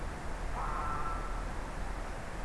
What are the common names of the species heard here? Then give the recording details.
Greylag Goose. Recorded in France